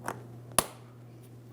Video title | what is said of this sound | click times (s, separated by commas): How to Replace Fuel Tank Lock Ring 2007-2014 GMC Sierra 2500 HD 6.0L V8 | Audible click from that and a tug. | 0.6 s